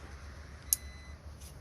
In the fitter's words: Okay, make sure you hear it click. Let's hear it.